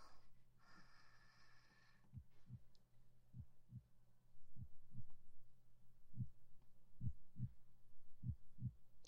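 Paired low thumps heard through a stethoscope placed on an adult's chest: a lub-dub repeating evenly at roughly 45–50 beats a minute, after brief rustling from placing the chest piece. A calm, regular normal heartbeat, offered as a baseline for comparison.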